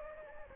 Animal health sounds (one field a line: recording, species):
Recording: mosquito wingbeat signal from an infrared sensor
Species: Anopheles gambiae